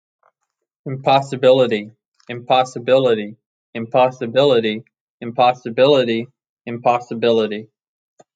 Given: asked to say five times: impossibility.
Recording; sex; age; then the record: repeated word; male; 20 to 29 years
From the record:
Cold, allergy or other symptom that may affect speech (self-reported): no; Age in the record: 23 years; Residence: Florida, United States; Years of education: 16